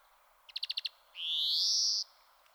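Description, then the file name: European greenfinch calling: a quick series of six short chips, then a long buzzy wheeze that rises steadily in pitch for nearly a second. "Chloris chloris"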